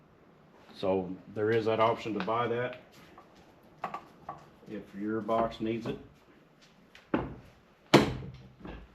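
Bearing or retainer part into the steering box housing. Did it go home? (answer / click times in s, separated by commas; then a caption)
yes / 7.9 s. While a resealed steering box from a 1978 Ford F-150 pickup is being reassembled, someone talks, and a few light metallic knocks sound around 3.8, 4.3 and 7.1 seconds. A metal part, apparently a bearing race or retainer, is pressed back into the steering box housing and snaps into place with a loud, sharp hit at 7.9 seconds, confirming it is seated.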